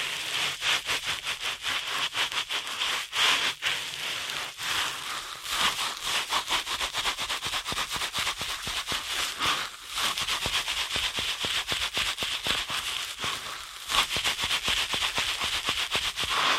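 Rapid ear cleaning with fast, crackly scratching and rubbing that runs almost nonstop for the whole stretch. The bursts are dense and bright, with brief dips in intensity around the tenth and fourteenth seconds before the quick rhythm resumes.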